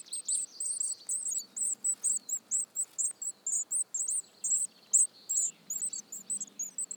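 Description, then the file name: Eurasian Blue Tit calls: short, very high chirps delivered in quick uneven runs, about two per second, over a quiet background. "Cyanistes caeruleus"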